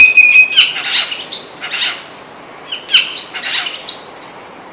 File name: Scenopoeetes Dentirostris